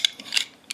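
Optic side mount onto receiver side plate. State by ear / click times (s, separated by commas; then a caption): seated / 0.0 s, 0.4 s. A metal side-mount optic rail for a scope is pushed onto the side-mount plate of a Type 81 rifle receiver, giving ratchet-like metallic clicks, with the main clicks at 0.1 s and 0.4 s and fainter ticks around them. The mount goes right in, locks into place and sits low.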